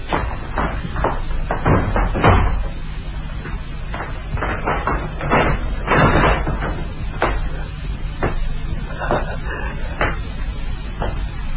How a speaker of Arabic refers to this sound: ولا سأغلق باب تورفالد بإذنك.